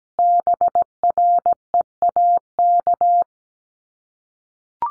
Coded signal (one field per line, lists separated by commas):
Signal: Morse code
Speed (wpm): 17 wpm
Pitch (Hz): 700 Hz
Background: none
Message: BREAK